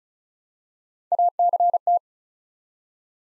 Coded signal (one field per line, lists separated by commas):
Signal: Morse code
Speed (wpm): 36 wpm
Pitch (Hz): 700 Hz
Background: none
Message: ACT